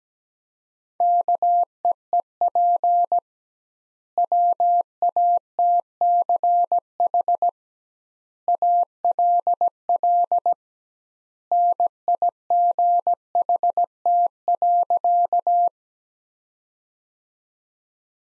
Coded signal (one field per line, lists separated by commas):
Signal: Morse code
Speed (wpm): 17 wpm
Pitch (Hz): 700 Hz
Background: none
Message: KEEP WATCH ALL NIGHT.